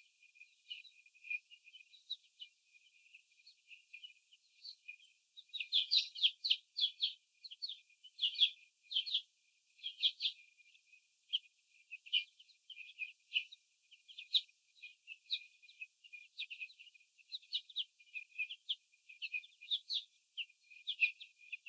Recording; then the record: young laying hens in a cage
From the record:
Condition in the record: after the stressor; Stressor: sudden umbrella opening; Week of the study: 3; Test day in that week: 2